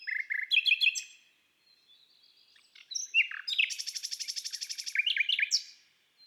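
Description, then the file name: Common nightingale singing rich chattering phrases, a pause, then a rapid trilling rattle ending in sharp whistled notes. "Rossignol philomele Chants doiseaux des bois et des forets"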